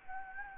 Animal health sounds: mosquito wingbeat signal from an infrared sensor; Anopheles gambiae

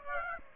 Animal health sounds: mosquito wingbeat signal from an infrared sensor; Aedes aegypti

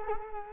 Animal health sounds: mosquito wingbeat signal from an infrared sensor; Culex quinquefasciatus

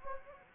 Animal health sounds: mosquito wingbeat signal from an infrared sensor; Anopheles gambiae

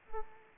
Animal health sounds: mosquito wingbeat signal from an infrared sensor; Aedes aegypti

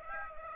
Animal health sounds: mosquito wingbeat signal from an infrared sensor; Aedes aegypti

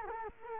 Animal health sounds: mosquito wingbeat signal from an infrared sensor; Culex quinquefasciatus

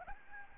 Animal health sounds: mosquito wingbeat signal from an infrared sensor; Aedes albopictus

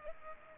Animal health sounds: mosquito wingbeat signal from an infrared sensor; Culex pipiens

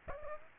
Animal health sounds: mosquito wingbeat signal from an infrared sensor; Aedes aegypti

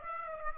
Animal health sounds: mosquito wingbeat signal from an infrared sensor; Aedes aegypti

